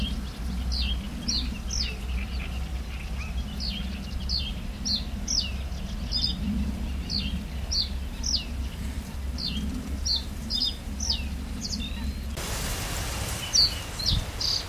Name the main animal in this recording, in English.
Reed Bunting